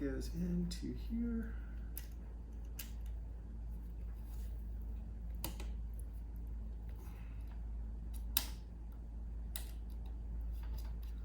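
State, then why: Seated. Someone talks while two plastic clips on a plastic cover piece are pressed one after the other into the shroud of a graphics card air cooler, giving soft plastic snaps at 5.4 s and 8.4 s among other light handling ticks. Both clips seat, though neither gives a strong positive click because the piece is just plastic.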